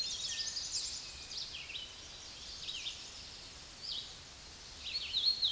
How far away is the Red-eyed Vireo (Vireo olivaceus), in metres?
about 35 m